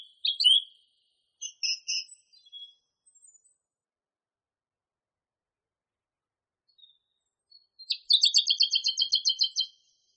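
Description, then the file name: Song thrush song: short high phrases and doubled notes early on, a long silence, then a rapid, steady trill of many notes. Masteran (tutor) song used for training songbirds. "suara masteran songthrush"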